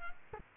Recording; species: mosquito wingbeat signal from an infrared sensor; Culex quinquefasciatus